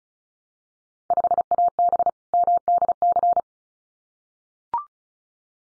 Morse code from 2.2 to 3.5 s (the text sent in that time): MDC